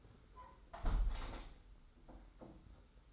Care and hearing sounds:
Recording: daily activity, microphone in the room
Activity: close window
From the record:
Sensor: 3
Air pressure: 991.3 hPa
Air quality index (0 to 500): 115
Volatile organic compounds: 76 ppm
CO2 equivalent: 3573 ppm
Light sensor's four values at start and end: 47/130/53/46 and 48/131/53/47

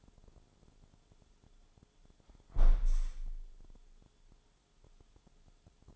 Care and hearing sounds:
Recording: daily activity, microphone in the room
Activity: close window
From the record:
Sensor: 5

